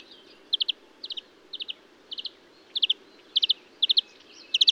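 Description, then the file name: Marsh warbler repeating quick clipped bursts of two or three high notes over a soft background twitter. Recorded at Bonnevaux on 31 May 2009 at 05:35. "Rousserolle verderolle 20090531 0535 Bonnevaux"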